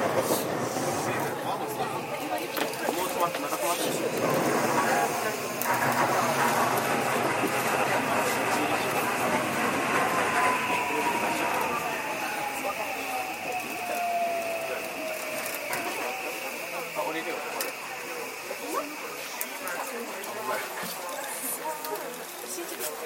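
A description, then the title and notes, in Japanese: A JR 323 series train rumbles steadily between stops, with a dense ongoing roar, brief muffled speech, and a faint falling tone near the middle. JR323系 桃谷→桃谷。朝早くに乗車して録音しましたが、そこそこ乗客がおり、少し声が聞こえます。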